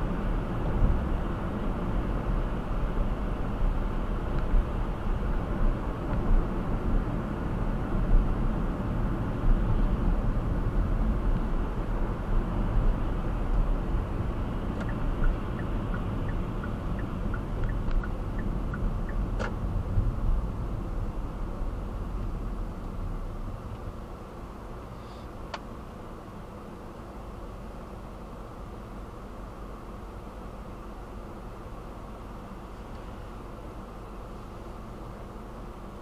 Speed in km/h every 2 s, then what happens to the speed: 58, 58, 56, 53, 48, 45, 42, 40, 35, 31, 26, 10, 0, 0, 0, 0, 0, 0.
4-23 slows to 0. 23-36 standing.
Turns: none.